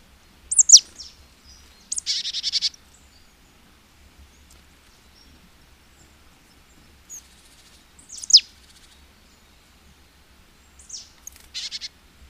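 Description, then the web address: Marsh tit calls: sharp, high descending notes followed by a short burst of buzzy, rasping chatter, then further sharp notes spread over the following seconds. "agykontroll Madardalok Cd 1. Barátcinege"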